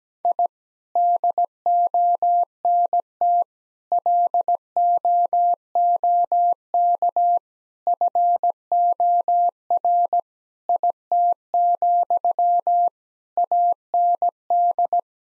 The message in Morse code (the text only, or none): I DONT LOOK FOR IT, AND